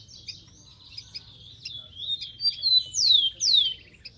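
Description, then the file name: Rufous-collared sparrow song: soft chips and a faint buzzy trill build to two loud, high whistles that slur steeply downward near the end. "canto do tico tico"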